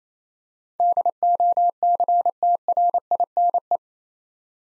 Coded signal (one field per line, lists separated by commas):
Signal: Morse code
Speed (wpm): 27 wpm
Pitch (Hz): 700 Hz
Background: none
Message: DOCTRINE